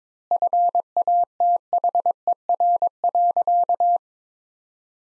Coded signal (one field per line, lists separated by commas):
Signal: Morse code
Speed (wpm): 22 wpm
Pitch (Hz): 700 Hz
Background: none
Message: FATHER.